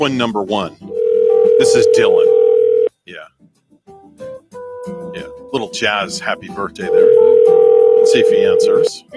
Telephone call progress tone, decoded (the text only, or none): ringback tone